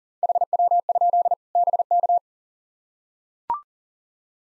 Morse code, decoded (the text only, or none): HW? BK